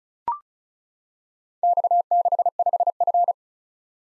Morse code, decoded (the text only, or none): X65F